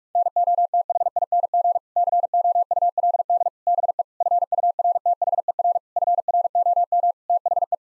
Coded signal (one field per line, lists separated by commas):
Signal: Morse code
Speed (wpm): 48 wpm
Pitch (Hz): 700 Hz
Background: none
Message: NOTHING COULD BE FURTHER FROM THE